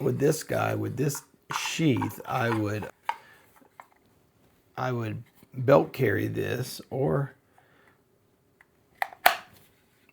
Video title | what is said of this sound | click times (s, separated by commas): Work Tuff Gear V44c : Pocket tank anyone?! Is this the stoutest, small fixed blade on the planet?! | click, nice. | 9.3 s